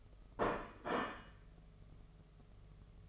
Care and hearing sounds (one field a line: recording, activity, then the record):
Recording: daily activity, microphone in the room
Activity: place plate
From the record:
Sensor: 4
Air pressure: 1015.9 hPa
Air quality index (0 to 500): 207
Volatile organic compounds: 13 ppm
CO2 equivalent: 2388 ppm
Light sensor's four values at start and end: 17/39/16/17 and 14/32/13/13